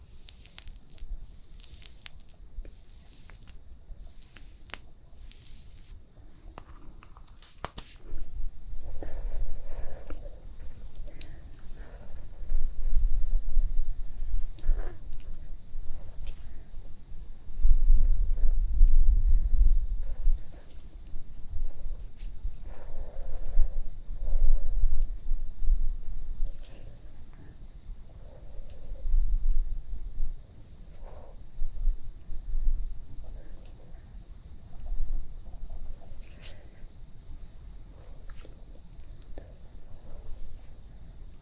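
Sounds from an after-sun cooling facial spa treatment. The first eight seconds are dense, crisp clicks and taps. After that come soft, low rubbing and handling sounds in swelling bursts, loudest around 12 to 22 seconds, with occasional light clicks until the quieter end.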